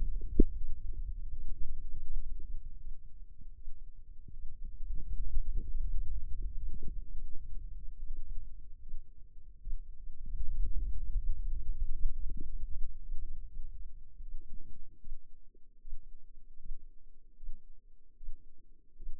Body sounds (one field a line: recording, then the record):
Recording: forearm muscle sounds (acoustic myography)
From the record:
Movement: radial deviation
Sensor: system 2, bracelet of six BSWA MPA416 microphones around the upper forearm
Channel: 2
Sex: female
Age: 25 years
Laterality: right